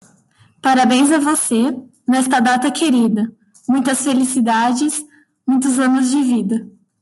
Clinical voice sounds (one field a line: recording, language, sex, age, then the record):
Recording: short text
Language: Brazilian Portuguese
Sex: female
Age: 20 to 29 years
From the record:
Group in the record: control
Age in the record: 29 years